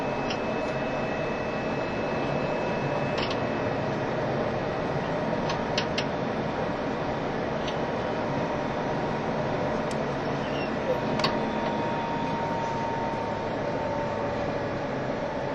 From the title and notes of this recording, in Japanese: E351系 Sあずさ18号03 八王子～新宿。全車引退したJR東日本唯一の振り子式車両であったE351系、速達運用だったSあずさを収録したものです。